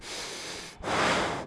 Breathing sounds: one breath in and out by a microphone near the nose and mouth; strong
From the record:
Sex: male

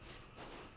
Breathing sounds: one breath in and out by a microphone near the nose and mouth; strong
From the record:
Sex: female

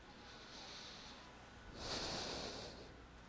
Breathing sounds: one breath in and out by a microphone near the nose and mouth; deep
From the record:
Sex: male

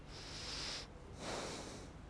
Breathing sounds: one breath in and out by a microphone near the nose and mouth; deep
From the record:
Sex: male

